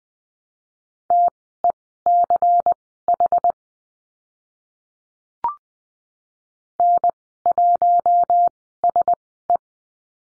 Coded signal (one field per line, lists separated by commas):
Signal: Morse code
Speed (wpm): 20 wpm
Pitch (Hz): 700 Hz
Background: none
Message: TECH N1SE